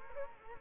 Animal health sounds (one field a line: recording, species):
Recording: mosquito wingbeat signal from an infrared sensor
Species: Culex quinquefasciatus